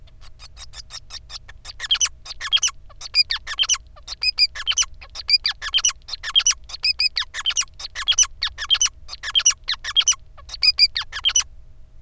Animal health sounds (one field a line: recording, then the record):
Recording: song of a male Bengalese finch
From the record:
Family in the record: son of father 5